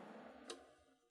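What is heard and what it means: A plastic class 15 bobbin is placed on the bobbin winder spindle of a Baby Lock Rachel sewing machine and turned until the winder's spring catches inside it to hold the bobbin straight. Over a faint steady background, a single short, sharp click is heard at 0.5 s, and then the sound slowly fades. The bobbin is seated on the spindle.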